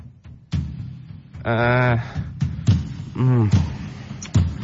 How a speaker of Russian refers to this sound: Тут раздался стук в дверь.